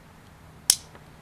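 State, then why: Seated. A takedown lever, or trap door, in the frame of a Ruger Max9 pistol that would not go down by finger is pushed down with an Allen-wrench field tool. It gives one sharp, bright click at 0.7 s, followed by a faint tick near 0.95 s. The lever clicks into the open position.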